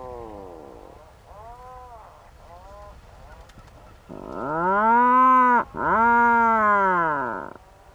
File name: Macareux moine